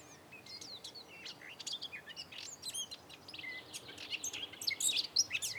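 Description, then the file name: Eurasian blackcap song: continuous high, varied warbling with quick chattering notes that grows louder and richer toward the end. "Sylvia atricapilla"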